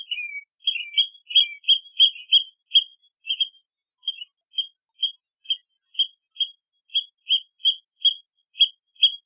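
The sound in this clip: Seabird uttering a quick series of short piercing whistles, a few sliding notes first, then more evenly spaced chirps.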